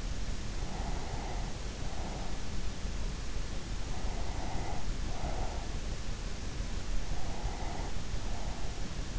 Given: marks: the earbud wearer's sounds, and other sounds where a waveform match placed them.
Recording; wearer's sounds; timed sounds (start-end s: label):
sounds in sleep by an in-ear microphone; breath
0.65-2.90 s: breath
4.02-5.99 s: breath
6.93-9.19 s: breath